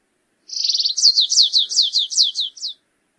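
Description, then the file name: Stripe-tailed yellow finch sings a single phrase. A rapid high trill opens into roughly nine downward-sweeping notes, the last one softer and set slightly apart. "canto do canario rasteiro"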